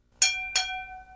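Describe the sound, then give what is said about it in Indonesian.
A spoon strikes an empty plate twice, about a third of a second apart. Each bright clink is followed by a clear ringing tone that slowly fades. No voices are heard. “Itu adalah suara piring kosong dipukul dengan sendok.”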